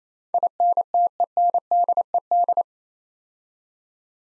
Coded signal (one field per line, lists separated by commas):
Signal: Morse code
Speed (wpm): 27 wpm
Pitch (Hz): 700 Hz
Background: none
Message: INTENDED